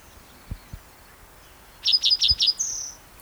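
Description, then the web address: Spotted towhee song: a few quick buzzy high notes followed by a drawn-out trilled buzz, with a few faint low thumps. Cicero, 22 June 2010. "MVZ Cicero 22 Jun 2010 Pmaculatus"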